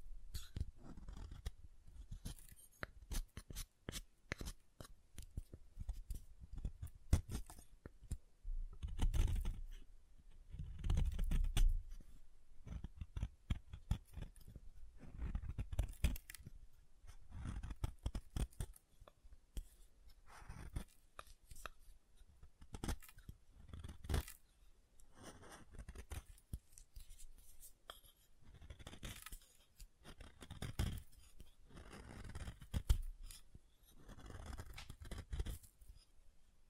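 Soap being tapped and carved, heard as dense runs of sharp clicks and scraping cuts with no pause longer than a moment. Low thuddy bursts swell around 9–12, 16, 24 and 30–34 seconds, mixed with crisp snipping, crumbly scraping throughout.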